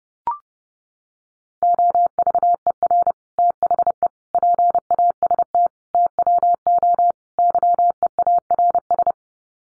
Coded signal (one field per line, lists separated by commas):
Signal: Morse code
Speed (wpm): 30 wpm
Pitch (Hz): 700 Hz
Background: none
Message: OVER THE PAST TWO YEARS